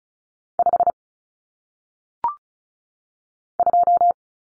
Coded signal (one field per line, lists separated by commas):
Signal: Morse code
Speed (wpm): 36 wpm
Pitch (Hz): 700 Hz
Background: none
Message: 5 2